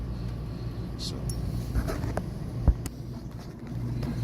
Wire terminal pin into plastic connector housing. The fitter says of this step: and I just push them down push them down inside there and you'll hear them click in